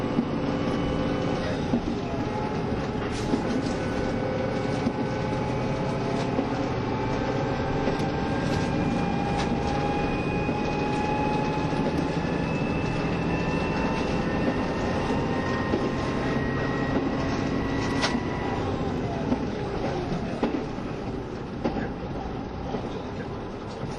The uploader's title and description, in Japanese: キハ72系 ゆふいんの森06号01 由布院～うきは。走行音